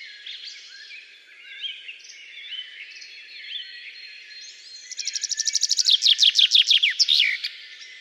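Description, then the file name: Common chaffinch song bursts in after several seconds of mixed soft bird chatter: a rapid run of falling notes building in loudness, closing with a terminal flourish. "Fringilla coelebs"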